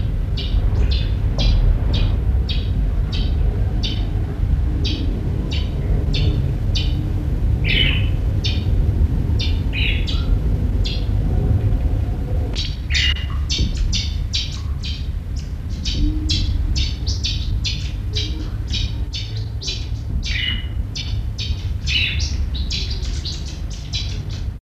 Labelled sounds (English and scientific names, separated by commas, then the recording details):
Southern Red Bishop (Euplectes orix) call
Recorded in captivity
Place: Zoo Frankfurt, Rheinland-Pfalz, DE
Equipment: Halbspur, 9,5 cm/s
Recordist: Lütgens, Hans
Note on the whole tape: Rufe